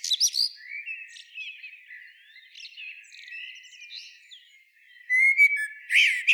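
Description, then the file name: Common blackbird with soft, scratchy warbling notes wandering through the middle, opening and closing with louder, sharp high twitters and chirps. "Turdus merula"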